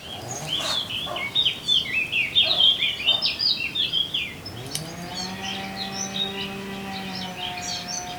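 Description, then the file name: Eurasian blackcap song, a fast run of varied warbled and whistled notes in the first half, then a steady low engine-like drone takes over. "Sylvia atricapilla"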